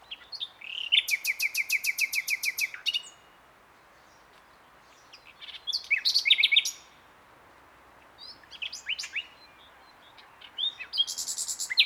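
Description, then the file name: Common nightingale song opening with a long, rapid, evenly pulsed trill of about two seconds, followed by chattering phrases and a final high trill. "Luscinia megarhynchos"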